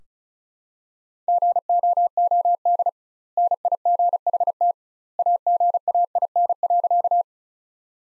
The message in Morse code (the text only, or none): GOOD NIGHT AGAIN.